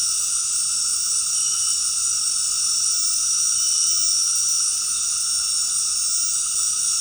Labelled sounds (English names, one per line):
none